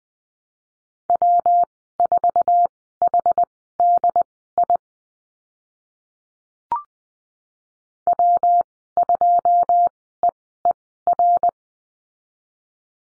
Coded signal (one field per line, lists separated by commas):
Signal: Morse code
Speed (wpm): 20 wpm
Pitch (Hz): 700 Hz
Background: none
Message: W4HDI W2EER